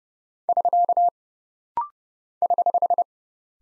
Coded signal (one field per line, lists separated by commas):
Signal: Morse code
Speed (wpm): 29 wpm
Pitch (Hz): 700 Hz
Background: none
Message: <SK> <HH>